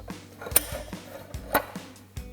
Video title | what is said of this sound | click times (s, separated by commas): Jeep Wrangler EZ 4x4 EZ-LIFTOP Folding Hard Top Remover Review & Install | Slide that back and lock it into place. | 0.6 s